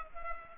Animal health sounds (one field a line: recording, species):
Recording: mosquito wingbeat signal from an infrared sensor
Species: Culex pipiens